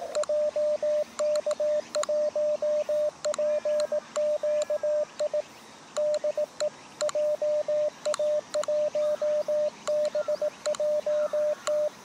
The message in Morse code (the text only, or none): JK1PQI DE JA1BJT